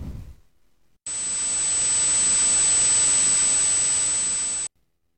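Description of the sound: A steady hiss with a constant, very high-pitched whistle runs for about three and a half seconds, then stops abruptly. This is a simulated example of tinnitus: a ringing or buzzing heard without any outside sound source.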